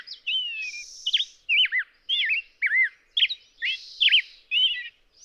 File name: Black-headed Grosbeak